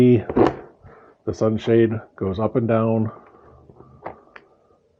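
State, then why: Seated. Someone talks while the drop-down sun shade inside the shell of an HJC i30 3/4 open-face motorcycle helmet is moved up and down, giving soft sliding and tapping sounds. The visor clicks into its up position at 4.4 s with a short, sharp click.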